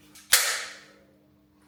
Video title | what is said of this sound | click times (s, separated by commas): Stop Electric Shocks! Havells PRCD Plug Installation ⚡ | ऐसे ये click की साउंड आपने अभी सुनी है इसकी। | 0.3 s